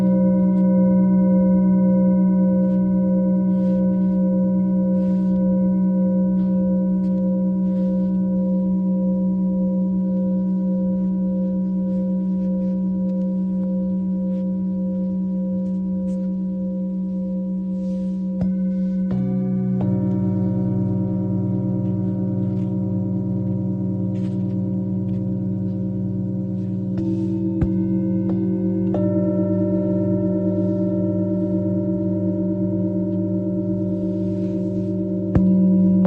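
Singing bowls hum in a steady, sustained low drone, with soft new strikes shifting the layered tones near 19, 27 and 29 seconds.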